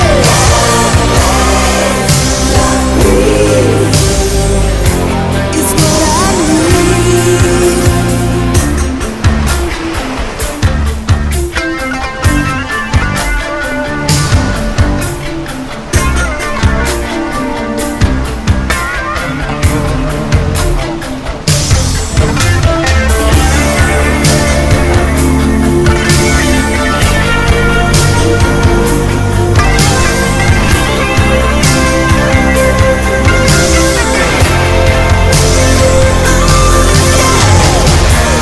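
Melodic AOR rock music plays at a full, steady loudness for the whole stretch, with a heavy low end and sustained bright chords on top. From about 8 to 22 seconds a quick, regular beat of sharp hits pushes to the front, then the sound smooths out again.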